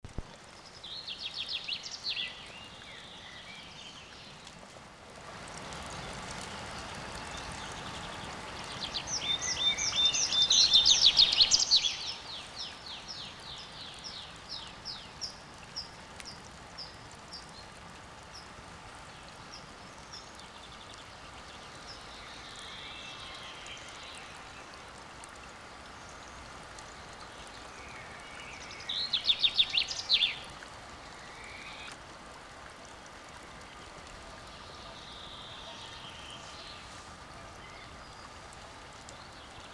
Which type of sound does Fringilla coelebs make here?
song